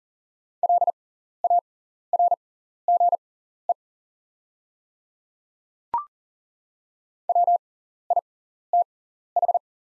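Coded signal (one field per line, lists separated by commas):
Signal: Morse code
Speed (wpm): 40 wpm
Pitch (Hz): 700 Hz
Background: none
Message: LARGE WITH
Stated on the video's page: Practice drill at 40wpm of top 300 words with 6x character spacing, Farnsworth timing.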